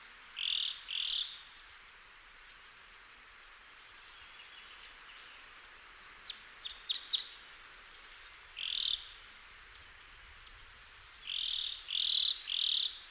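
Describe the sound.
Crossbill calls: short, bright notes given singly and in quick groups of two or three, with a few scattered chips between bursts and a thin high hiss throughout.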